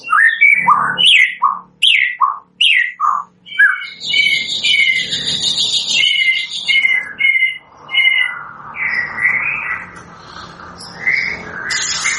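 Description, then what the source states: White-rumped shama song: a series of repeated downslurred whistles, then a buzzy high passage and warbled chatter continuing to the end. Used as a lure for bird trapping (pikat); energetic, vigorously singing (gacor) bird.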